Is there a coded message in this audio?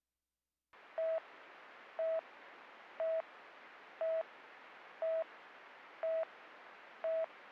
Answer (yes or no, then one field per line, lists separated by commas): no